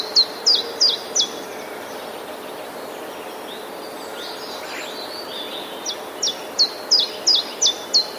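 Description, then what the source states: Common chiffchaff: a short burst of high, falling notes at the start, a quieter gap with faint chirps, then another even series of repeated notes. Recorded 11 April 2019.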